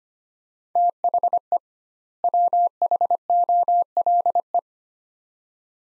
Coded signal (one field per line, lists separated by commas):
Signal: Morse code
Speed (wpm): 25 wpm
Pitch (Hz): 700 Hz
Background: none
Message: THE WHOLE